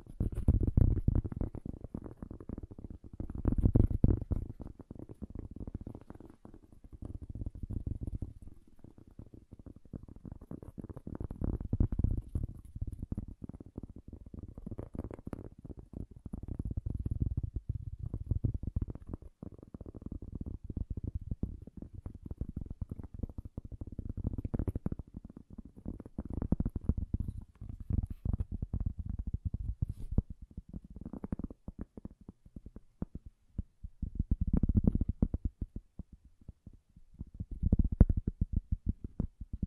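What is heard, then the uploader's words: Soft, bassy tapping runs through the whole clip in dense, irregular flurries of quick muffled taps. The sound stays low and dull, with fuller, heavier clusters swelling every few seconds and little brightness above. ASMR Bassy and Soft Tapping Sounds. No Talking.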